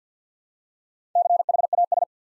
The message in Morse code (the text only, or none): CHAS